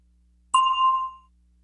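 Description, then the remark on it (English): A single clear bell ding with a bright, mid-high pitch rings out on its own as a cue to answer in a language-lesson listening exercise, fading smoothly over under a second, with a faint steady low hum underneath. “Listen for the bell, then say your answer.”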